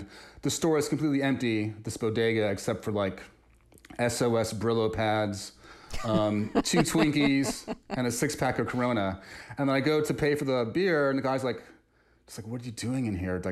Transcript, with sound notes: And the store was completely empty, this bodega, except for, like, S.O.S Brillo pads... (Laughter) ...Two Twinkies and a six pack of Corona. And I go to pay for the beer, and the guy's like - he's like, what are you doing in here?